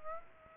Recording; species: mosquito wingbeat signal from an infrared sensor; Aedes aegypti